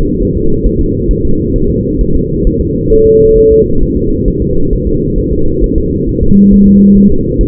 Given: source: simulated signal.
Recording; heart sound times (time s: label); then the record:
fetal heart sounds
0.23 s: S1
0.37 s: S2
0.66 s: S1
0.81 s: S2
1.11 s: S1
1.25 s: S2
1.56 s: S1
1.70 s: S2
2.01 s: S1
2.15 s: S2
2.47 s: S1
2.61 s: S2
2.93 s: S1
3.07 s: S2
3.38 s: S1
3.52 s: S2
3.83 s: S1
3.97 s: S2
4.28 s: S1
4.42 s: S2
4.73 s: S1
4.87 s: S2
5.18 s: S1
5.33 s: S2
5.64 s: S1
5.78 s: S2
6.09 s: S1
6.23 s: S2
6.54 s: S1
6.68 s: S2
6.98 s: S1
7.12 s: S2
7.41 s: S1
From the record:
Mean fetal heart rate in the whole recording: 135 bpm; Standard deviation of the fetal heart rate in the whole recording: 3 bpm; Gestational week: 36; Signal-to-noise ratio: -17.7 dB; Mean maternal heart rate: 72 bpm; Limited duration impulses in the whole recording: present